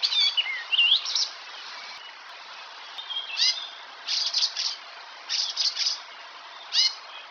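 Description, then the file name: Icterine warbler song in scattered bursts of high chattering and squeaky notes with a few rising whistles, separated by quiet gaps. "Härmsångare - Hippolais icterina"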